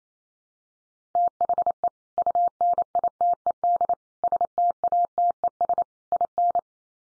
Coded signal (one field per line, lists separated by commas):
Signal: Morse code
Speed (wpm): 28 wpm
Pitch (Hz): 700 Hz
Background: none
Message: THE UNITED STATES IN